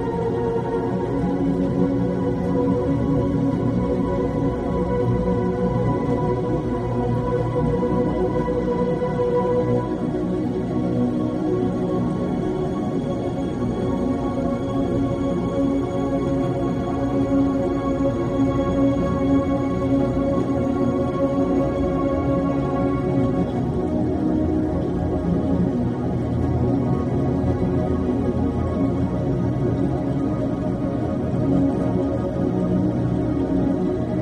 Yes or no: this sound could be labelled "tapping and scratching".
no